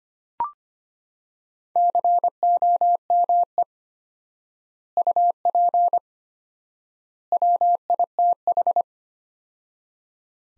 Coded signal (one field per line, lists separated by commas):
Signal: Morse code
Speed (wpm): 25 wpm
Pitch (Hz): 700 Hz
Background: none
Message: COME UP WITH